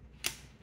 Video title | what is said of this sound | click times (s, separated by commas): don't be afraid 😳 of bridges. buy our 20 ft trucker's height stick and KNOW how high you are. | clicks into place really easily and if you look at the big four foot swing arm | 0.3 s